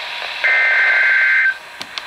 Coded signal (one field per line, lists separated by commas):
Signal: Emergency Alert System (SAME) tones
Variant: header bursts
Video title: EAS special marine warning for Chesapeake Bay in MD + severe thunderstorm warning in PA